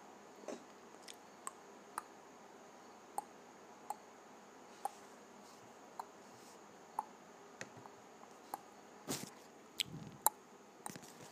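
Tongue clicks pop out one at a time, about once a second, each short and sharp. Toward the end they grow louder and wetter, with a few quicker pops. Between clicks there is only a faint steady hiss and a thin high whine.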